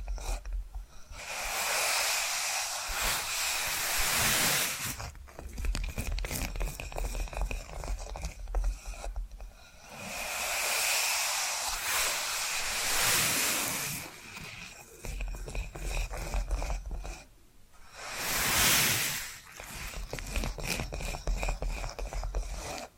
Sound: Hypnotic Tapping & Scratching Sounds